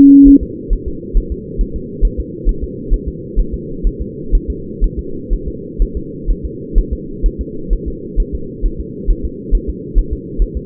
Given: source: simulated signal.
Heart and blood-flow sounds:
fetal heart sounds
0.28 s: S1
0.43 s: S2
0.73 s: S1
0.88 s: S2
1.17 s: S1
1.32 s: S2
1.61 s: S1
1.76 s: S2
2.05 s: S1
2.20 s: S2
2.49 s: S1
2.64 s: S2
2.94 s: S1
3.08 s: S2
3.39 s: S1
3.54 s: S2
3.87 s: S1
4.02 s: S2
4.35 s: S1
4.50 s: S2
4.84 s: S1
4.99 s: S2
5.33 s: S1
5.48 s: S2
5.82 s: S1
5.97 s: S2
6.30 s: S1
6.45 s: S2
6.78 s: S1
6.93 s: S2
7.26 s: S1
7.41 s: S2
7.73 s: S1
7.88 s: S2
8.20 s: S1
8.35 s: S2
8.66 s: S1
8.80 s: S2
9.10 s: S1
9.25 s: S2
9.55 s: S1
9.70 s: S2
9.98 s: S1
10.13 s: S2
10.42 s: S1
10.57 s: S2
From the record:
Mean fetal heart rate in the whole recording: 130 bpm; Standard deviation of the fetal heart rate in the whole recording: 4 bpm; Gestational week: 38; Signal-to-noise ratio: -4.3 dB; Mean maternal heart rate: 72 bpm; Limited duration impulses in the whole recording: present

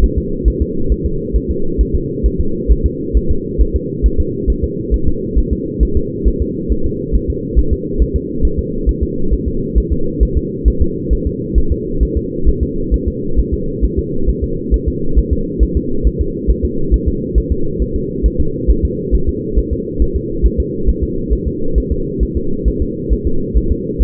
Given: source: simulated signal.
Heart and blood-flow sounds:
fetal heart sounds
0.04 s: S1
0.18 s: S2
0.48 s: S1
0.62 s: S2
0.92 s: S1
1.06 s: S2
1.36 s: S1
1.50 s: S2
1.81 s: S1
1.95 s: S2
2.26 s: S1
2.40 s: S2
2.72 s: S1
2.86 s: S2
3.17 s: S1
3.31 s: S2
3.62 s: S1
3.76 s: S2
4.06 s: S1
4.20 s: S2
4.50 s: S1
4.64 s: S2
4.94 s: S1
5.08 s: S2
5.38 s: S1
5.53 s: S2
5.83 s: S1
5.97 s: S2
6.28 s: S1
6.42 s: S2
6.72 s: S1
6.86 s: S2
7.15 s: S1
7.30 s: S2
7.59 s: S1
7.73 s: S2
8.02 s: S1
8.16 s: S2
8.45 s: S1
8.59 s: S2
8.89 s: S1
9.03 s: S2
9.34 s: S1
9.48 s: S2
9.78 s: S1
9.92 s: S2
10.23 s: S1
10.37 s: S2
10.68 s: S1
10.82 s: S2
11.13 s: S1
11.27 s: S2
11.58 s: S1
11.72 s: S2
12.03 s: S1
12.17 s: S2
12.48 s: S1
12.63 s: S2
12.94 s: S1
13.08 s: S2
13.39 s: S1
13.54 s: S2
13.85 s: S1
13.99 s: S2
14.29 s: S1
14.44 s: S2
14.74 s: S1
14.88 s: S2
15.19 s: S1
15.33 s: S2
15.63 s: S1
15.77 s: S2
16.07 s: S1
16.21 s: S2
16.50 s: S1
16.65 s: S2
16.94 s: S1
17.08 s: S2
17.38 s: S1
17.52 s: S2
17.82 s: S1
17.96 s: S2
18.26 s: S1
18.40 s: S2
18.70 s: S1
18.85 s: S2
19.15 s: S1
19.29 s: S2
19.59 s: S1
19.73 s: S2
20.02 s: S1
20.16 s: S2
20.46 s: S1
20.60 s: S2
20.89 s: S1
21.04 s: S2
21.33 s: S1
21.48 s: S2
21.78 s: S1
21.92 s: S2
22.23 s: S1
22.37 s: S2
22.68 s: S1
22.82 s: S2
23.13 s: S1
23.27 s: S2
23.57 s: S1
23.72 s: S2
24.02 s: S1
From the record:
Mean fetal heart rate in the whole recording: 135 bpm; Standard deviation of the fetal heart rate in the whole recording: 3 bpm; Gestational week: 34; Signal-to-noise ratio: -8.1 dB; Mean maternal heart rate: 72 bpm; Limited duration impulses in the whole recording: absent

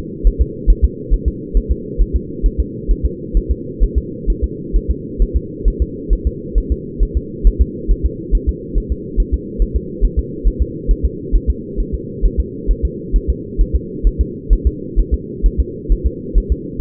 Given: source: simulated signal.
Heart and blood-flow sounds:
fetal heart sounds
0.27 s: S1
0.41 s: S2
0.70 s: S1
0.84 s: S2
1.14 s: S1
1.28 s: S2
1.57 s: S1
1.71 s: S2
2.01 s: S1
2.16 s: S2
2.46 s: S1
2.60 s: S2
2.91 s: S1
3.05 s: S2
3.37 s: S1
3.51 s: S2
3.83 s: S1
3.98 s: S2
4.30 s: S1
4.44 s: S2
4.76 s: S1
4.91 s: S2
5.22 s: S1
5.36 s: S2
5.68 s: S1
5.82 s: S2
6.13 s: S1
6.27 s: S2
6.58 s: S1
6.72 s: S2
7.03 s: S1
7.17 s: S2
7.47 s: S1
7.61 s: S2
7.91 s: S1
8.05 s: S2
8.35 s: S1
8.49 s: S2
8.78 s: S1
8.92 s: S2
9.20 s: S1
9.34 s: S2
9.62 s: S1
9.76 s: S2
10.05 s: S1
10.19 s: S2
10.47 s: S1
10.62 s: S2
10.91 s: S1
11.05 s: S2
11.35 s: S1
11.50 s: S2
11.80 s: S1
11.94 s: S2
12.25 s: S1
12.40 s: S2
12.71 s: S1
12.85 s: S2
13.16 s: S1
13.30 s: S2
13.61 s: S1
13.75 s: S2
14.07 s: S1
14.21 s: S2
14.53 s: S1
14.67 s: S2
14.99 s: S1
15.14 s: S2
15.46 s: S1
15.60 s: S2
15.92 s: S1
16.06 s: S2
16.38 s: S1
16.52 s: S2
From the record:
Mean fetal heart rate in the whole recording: 135 bpm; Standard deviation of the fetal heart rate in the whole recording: 3 bpm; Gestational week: 36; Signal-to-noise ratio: -4.1 dB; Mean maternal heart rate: no maternal heart sound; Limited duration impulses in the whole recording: absent

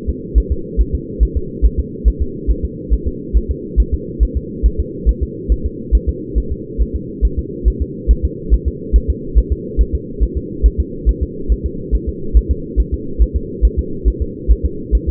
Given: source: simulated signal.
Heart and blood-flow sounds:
fetal heart sounds
0.09 s: S2
0.38 s: S1
0.52 s: S2
0.81 s: S1
0.95 s: S2
1.23 s: S1
1.37 s: S2
1.66 s: S1
1.80 s: S2
2.08 s: S1
2.22 s: S2
2.51 s: S1
2.65 s: S2
2.94 s: S1
3.07 s: S2
3.37 s: S1
3.51 s: S2
3.80 s: S1
3.94 s: S2
4.23 s: S1
4.37 s: S2
4.66 s: S1
4.80 s: S2
5.09 s: S1
5.23 s: S2
5.52 s: S1
5.66 s: S2
5.95 s: S1
6.09 s: S2
6.38 s: S1
6.52 s: S2
6.81 s: S1
6.95 s: S2
7.25 s: S1
7.39 s: S2
7.68 s: S1
7.82 s: S2
8.11 s: S1
8.25 s: S2
8.54 s: S1
8.68 s: S2
8.96 s: S1
9.10 s: S2
9.38 s: S1
9.52 s: S2
9.81 s: S1
9.95 s: S2
10.23 s: S1
10.37 s: S2
10.66 s: S1
10.80 s: S2
11.09 s: S1
11.23 s: S2
11.52 s: S1
11.66 s: S2
11.95 s: S1
12.09 s: S2
12.37 s: S1
12.51 s: S2
12.80 s: S1
12.94 s: S2
13.22 s: S1
13.36 s: S2
13.65 s: S1
13.79 s: S2
14.08 s: S1
14.22 s: S2
14.51 s: S1
14.66 s: S2
14.95 s: S1
15.09 s: S2
From the record:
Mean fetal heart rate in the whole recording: 140 bpm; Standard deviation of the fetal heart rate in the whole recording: 2 bpm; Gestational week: 34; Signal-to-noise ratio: -4.3 dB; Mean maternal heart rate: 72 bpm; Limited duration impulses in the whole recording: absent

